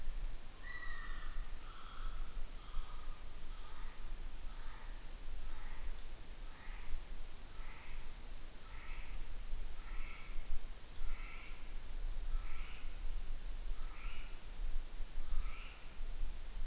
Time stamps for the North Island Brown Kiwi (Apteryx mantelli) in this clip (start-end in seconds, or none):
0.00-16.66